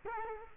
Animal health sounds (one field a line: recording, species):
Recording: mosquito wingbeat signal from an infrared sensor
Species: Culex quinquefasciatus